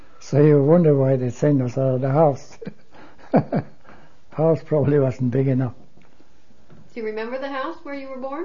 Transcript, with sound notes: So you're wondering why they sent us out of the house. (he laughs) The house probably wasn't big enough.
Do you remember the house where you were born?